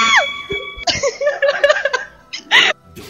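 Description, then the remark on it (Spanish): A brief, shrill, high-pitched scream that slides downward, a voice imitating a little girl's scream, followed by bursts of laughter and lively voices. “¿Cómo es un grito de niña pequeña?”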